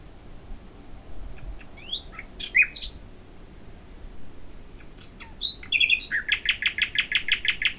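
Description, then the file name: Common nightingale song: scattered sharp chirps and whistled notes, then a loud run of rapid repeated buzzy notes after a pause. "Luscinia megarhynchos"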